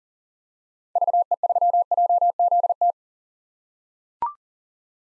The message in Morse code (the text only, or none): VE3JZT